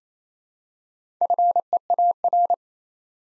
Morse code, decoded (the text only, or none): FEAR